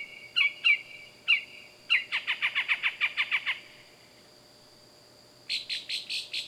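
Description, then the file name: Bird giving bright, chirping calls in short bursts, with a quick run of repeated notes in the middle and another fast series near the end. Loud wild bird calling at night. "Loud Night Bird Animals Wild"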